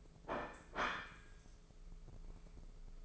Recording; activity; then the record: daily activity, microphone in the room; place plate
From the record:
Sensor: 5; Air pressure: 1015.2 hPa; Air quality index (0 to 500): 205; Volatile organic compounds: 10 ppm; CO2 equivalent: 2251 ppm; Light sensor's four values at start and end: 77/182/77/84 and 77/183/78/85